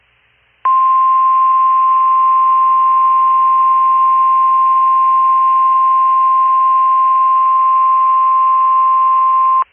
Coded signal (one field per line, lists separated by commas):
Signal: Emergency Alert System (SAME) tones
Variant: 1050 Hz attention tone